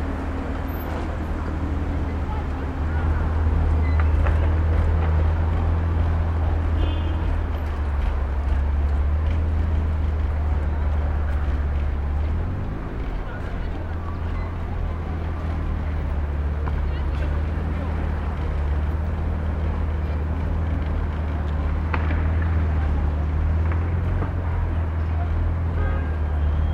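Rooftop city ambience in Brooklyn: a constant low rumble of traffic and machinery, with a louder engine drone swelling around five seconds and faint voices.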